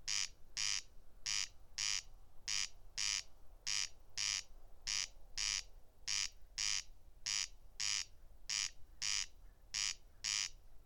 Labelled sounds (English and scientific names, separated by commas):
Corn Crake (Crex crex) song